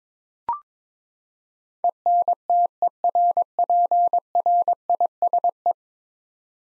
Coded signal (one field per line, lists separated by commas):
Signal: Morse code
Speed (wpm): 22 wpm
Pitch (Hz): 700 Hz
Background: none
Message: ENTERPRISE